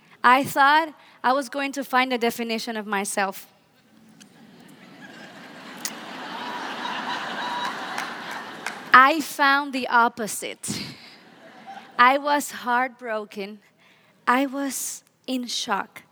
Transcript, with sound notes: I thought I was going to find a definition of myself! (laughter) I found the opposite. I was heartbroken. I was in shock!